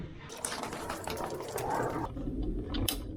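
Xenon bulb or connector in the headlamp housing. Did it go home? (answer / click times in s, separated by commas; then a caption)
yes / 2.9 s. A xenon bulb or connector part is pushed back into the headlamp housing of a Land Rover Discovery 3 (LR3/LR4), with steady handling noise, small knocks around 0.5 s and 0.9 s, and a sharp click at 2.9 s. It clicks and is seated, confirmed.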